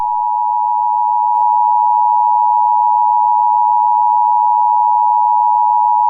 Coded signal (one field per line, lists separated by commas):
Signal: Emergency Alert System (SAME) tones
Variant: 853 and 960 Hz attention tone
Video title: EAS Scenario 9|| Demons And Monsters